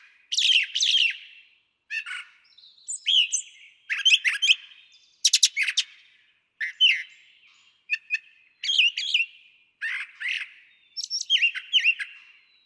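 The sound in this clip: Brown Thrasher delivering distinct paired phrases, loud clipped notes and buzzy bursts, separated by short pauses.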